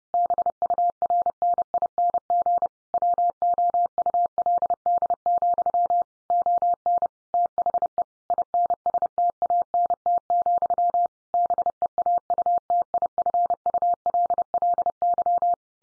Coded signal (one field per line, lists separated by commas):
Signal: Morse code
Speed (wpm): 30 wpm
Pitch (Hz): 700 Hz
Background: none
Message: BURNING WOULD, ON THE INSTANT, BEAUTIFULLY